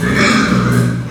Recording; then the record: squeal of a Yucatan mini pig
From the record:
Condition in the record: after surgery on the right vocal fold (resection and tissue-engineered implant); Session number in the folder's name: 9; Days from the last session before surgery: 65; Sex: female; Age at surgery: 19 weeks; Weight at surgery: 25 kg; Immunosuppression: prednisolone